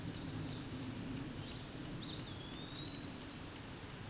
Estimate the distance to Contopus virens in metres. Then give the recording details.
about 30 m. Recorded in a Pennsylvania forest on 17 May 2023 at 12:58. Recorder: AudioMoth, point grid1_14_low. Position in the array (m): 77 m, 124 m